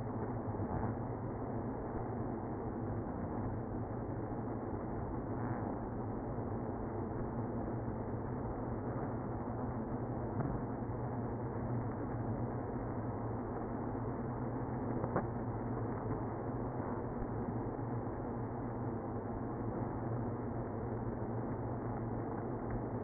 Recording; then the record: honeybee colony, microphone inside the hive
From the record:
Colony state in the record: queenless (queen removed); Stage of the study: after two queens were removed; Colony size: about 60,000 bees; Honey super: yes